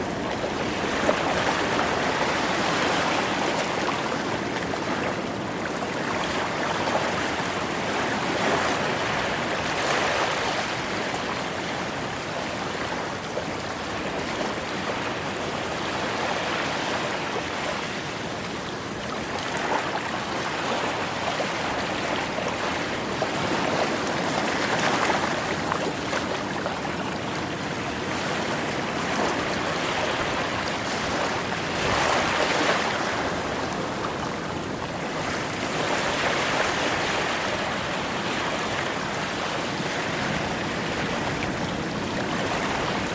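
Ocean waves make a dense, continuous wash of hissing surf with almost no pauses. The sound swells gently every several seconds as waves break and run up, but the overall level stays nearly steady, close and bright, with a soft low rumble underneath.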